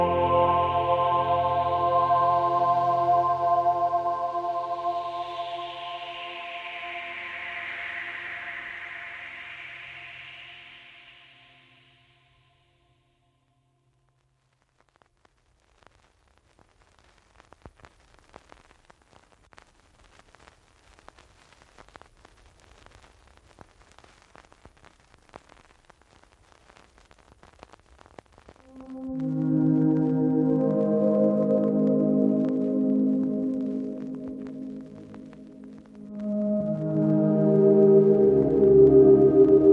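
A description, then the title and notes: Vinyl crackle: sparse, faint clicks and pops fill a quiet stretch from about 15 to 29 seconds. Around them, sustained ringing tones fade out over the first 12 seconds, then return loudly near 29 seconds and swell again after 37 seconds. The crackle of the vinyl.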